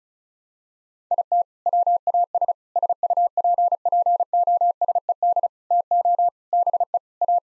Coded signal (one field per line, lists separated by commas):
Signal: Morse code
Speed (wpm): 35 wpm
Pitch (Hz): 700 Hz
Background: none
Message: IT WAS SUPPOSED TO BE A